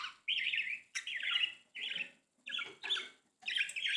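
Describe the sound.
Budgerigar calls: wavering warbled squawks in several short bursts separated by brief gaps.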